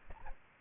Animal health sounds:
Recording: mosquito wingbeat signal from an infrared sensor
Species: Aedes aegypti

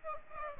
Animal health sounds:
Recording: mosquito wingbeat signal from an infrared sensor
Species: Aedes aegypti

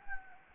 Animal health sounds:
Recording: mosquito wingbeat signal from an infrared sensor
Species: Anopheles gambiae

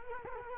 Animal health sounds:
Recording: mosquito wingbeat signal from an infrared sensor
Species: Culex quinquefasciatus

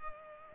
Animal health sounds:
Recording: mosquito wingbeat signal from an infrared sensor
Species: Culex pipiens

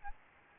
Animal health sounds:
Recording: mosquito wingbeat signal from an infrared sensor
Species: Aedes albopictus

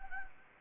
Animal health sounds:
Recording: mosquito wingbeat signal from an infrared sensor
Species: Anopheles gambiae

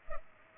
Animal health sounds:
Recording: mosquito wingbeat signal from an infrared sensor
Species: Culex pipiens

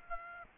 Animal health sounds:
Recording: mosquito wingbeat signal from an infrared sensor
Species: Aedes aegypti

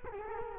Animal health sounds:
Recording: mosquito wingbeat signal from an infrared sensor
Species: Culex quinquefasciatus

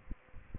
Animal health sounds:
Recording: mosquito wingbeat signal from an infrared sensor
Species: Aedes aegypti

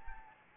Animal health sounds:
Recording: mosquito wingbeat signal from an infrared sensor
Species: Anopheles gambiae

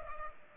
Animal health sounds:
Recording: mosquito wingbeat signal from an infrared sensor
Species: Culex pipiens

